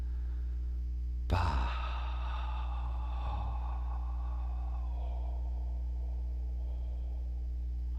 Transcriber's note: exhales